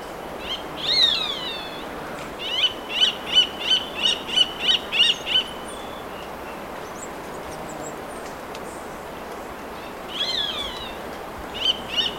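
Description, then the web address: Roadside hawk calling: a short descending call, then a rapid run of several short nasal notes, with a further call and notes near the end. Recorded in Ecuador. "Natures Songs S America Birds of Ecuador. Roadside Hawk"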